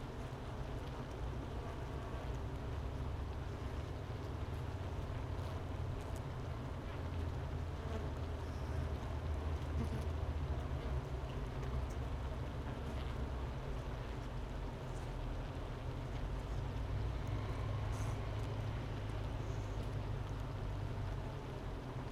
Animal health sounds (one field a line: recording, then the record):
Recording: honeybee colony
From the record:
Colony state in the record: missing queen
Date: 31 May 2018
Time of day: 11:01